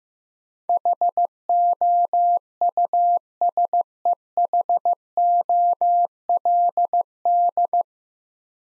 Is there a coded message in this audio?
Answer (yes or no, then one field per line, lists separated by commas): yes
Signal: Morse code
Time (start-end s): 0.7-7.8 s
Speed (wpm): 15 wpm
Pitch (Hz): 700 Hz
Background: none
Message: HOUSEHOLD